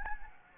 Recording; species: mosquito wingbeat signal from an infrared sensor; Anopheles gambiae